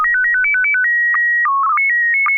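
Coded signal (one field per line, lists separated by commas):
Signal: SSTV (slow-scan television)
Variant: PD 120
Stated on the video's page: Weekly SSTV net on an FM repeater at 441.30 MHz in Sacramento, California, using MMSSTV software.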